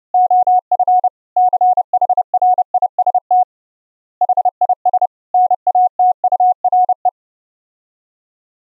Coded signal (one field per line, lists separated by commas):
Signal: Morse code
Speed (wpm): 29 wpm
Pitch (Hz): 730 Hz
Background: none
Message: OF CHRIST HIS NATURE